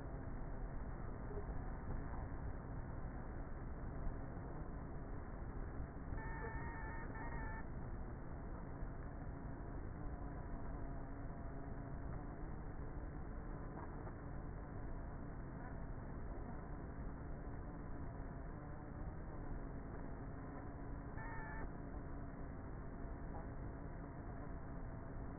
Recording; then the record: honeybee colony, microphone inside the hive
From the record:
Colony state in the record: queenless with a low population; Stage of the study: before two queens were removed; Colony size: about 30,000 bees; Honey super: no